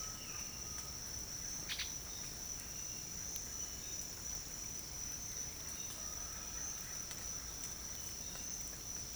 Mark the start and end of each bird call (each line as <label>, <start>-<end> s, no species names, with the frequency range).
bird call (0.4-5.5 kHz), 1.57-1.91 s